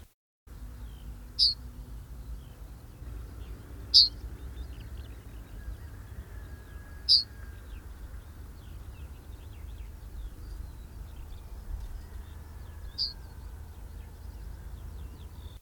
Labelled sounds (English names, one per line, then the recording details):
Yellowhammer
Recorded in the wild
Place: Techentin, Mecklenburg-Vorpommern, DE
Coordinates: 53.587, 11.989
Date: 1972-06-14
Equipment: Nagra III BH, Sennheiser MD 21, parabola
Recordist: Schubert, Michael
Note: Rufgesang Goldammer